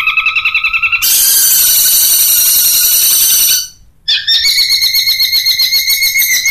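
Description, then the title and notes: Long-tailed shrike giving harsh, buzzy song: a rapid pulsed trill, then a loud grating rattle for over two seconds, a brief pause, and another fast pulsing buzzy phrase. Cage-bird training recording of the 'tembakan' song style, variation 1. "Suara Burung Cendet Tembakan Variasi 1. Masteran Burung Cendet"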